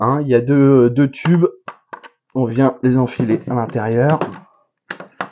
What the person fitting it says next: On va entendre le petit clic et on sait que la machine est assemblée.